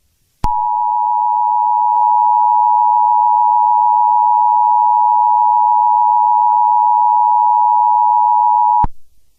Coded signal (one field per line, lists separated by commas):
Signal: Emergency Alert System (SAME) tones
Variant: 853 and 960 Hz attention tone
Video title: The evolution of my EAS mocks after 1 month.